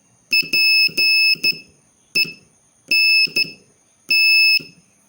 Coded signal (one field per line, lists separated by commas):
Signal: Morse code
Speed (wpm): 13 wpm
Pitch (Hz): 2600 Hz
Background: none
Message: PENT